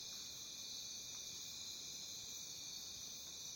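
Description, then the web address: Crickets in a steady, continuous high trilling chorus with no pauses, over soft low background noise. Crickets recorded in a jungle. "the sound pack tree. jungle crickets"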